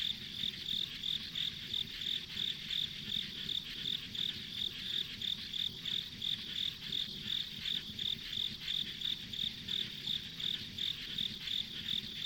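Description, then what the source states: Insects giving regular high-pitched chirps, about three each second, against a dense shrill insect background and a faint low rumble. Ambient insect sounds on a rural country road.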